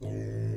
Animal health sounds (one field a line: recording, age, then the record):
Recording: pig call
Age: weaner (32 to 43 days)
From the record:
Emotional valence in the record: negative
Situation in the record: negative conditioning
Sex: female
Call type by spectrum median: low-frequency call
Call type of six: low-frequency stable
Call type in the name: low-frequency stable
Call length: 0.57 s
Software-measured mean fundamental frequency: 54 Hz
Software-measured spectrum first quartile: 108 Hz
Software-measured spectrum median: 165 Hz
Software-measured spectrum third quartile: 384 Hz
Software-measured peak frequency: 116 Hz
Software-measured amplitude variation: 78 dB a second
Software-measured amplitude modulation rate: 30.9 a second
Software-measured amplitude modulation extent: 2.5 dB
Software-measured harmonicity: -5.5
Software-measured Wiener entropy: -0.44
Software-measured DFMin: 820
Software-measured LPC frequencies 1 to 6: 440, 1822, 2524, 3521, 5168, 6279 Hz